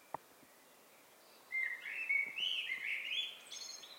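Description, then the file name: Eurasian blackbird delivering a single full song phrase, a low whistled warble sliding into scratchy high-pitched twittering; a brief tap before it. "Turdus merula"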